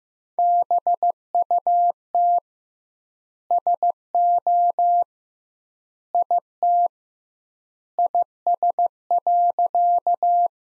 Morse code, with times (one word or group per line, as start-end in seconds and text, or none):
0.4-2.4 BUT
3.5-5.0 SO
6.1-6.9 IT
8.0-10.5 IS.